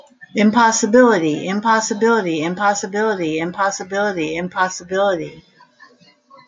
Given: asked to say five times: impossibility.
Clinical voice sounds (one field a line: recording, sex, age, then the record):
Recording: repeated word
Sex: female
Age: 60 to 69 years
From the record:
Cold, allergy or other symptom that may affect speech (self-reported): no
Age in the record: 64 years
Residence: New Jersey, United States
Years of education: 14